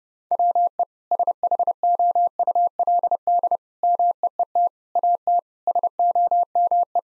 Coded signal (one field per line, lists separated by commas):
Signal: Morse code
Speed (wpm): 30 wpm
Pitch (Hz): 700 Hz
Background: none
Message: WE SHOULD MEET AT SOME